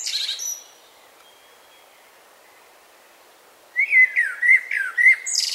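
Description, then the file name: Common blackbird calls: a brief high burst at the start, then a run of warbled, chirping notes with sharp high twitters after a long quiet gap. "Turdus merula"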